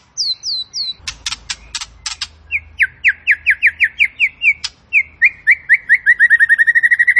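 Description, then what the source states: Tembakan bird singing: a few falling high whistles, a run of harsh buzzy strokes, then a long series of rising slurred notes, broken once by a buzzy stroke, that speeds up toward the end. Tembakan bird singing actively; recording used to train cage birds.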